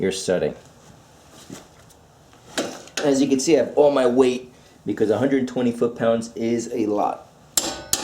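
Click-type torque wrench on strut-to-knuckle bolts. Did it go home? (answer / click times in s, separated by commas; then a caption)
yes / 7.6 s, 7.9 s. A click-type torque wrench set to 120 foot-pounds is leaned on with full body weight to tighten the lower strut-to-knuckle bolts on a car suspension, while someone talks. The wrench gives sharp metallic clicks at 7.6 and 7.9 seconds, showing the bolts have reached the torque setting.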